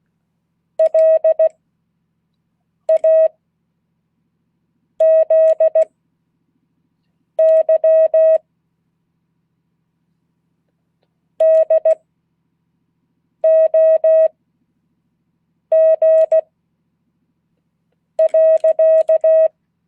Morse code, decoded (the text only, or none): LAZY DOG.